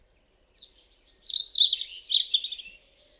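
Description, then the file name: European robin song: a high whistle, then a jumble of fast twittering notes and short trills lasting about two seconds. "Erithacus rubecula"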